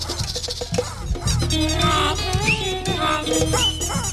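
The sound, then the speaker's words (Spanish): A person imitates a wild donkey's bray as a jungle animal sound, with loud, strained, rising and falling honks that run almost continuously for several seconds after a brief quieter start. “Un burro salvaje.”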